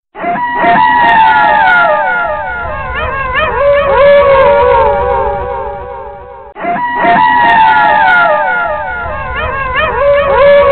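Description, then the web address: Wolf howling chorus of many overlapping, quavering harmonic howls that bend and glide, fading toward six and a half seconds before a sudden restart of the same chorus. "animaux wolf"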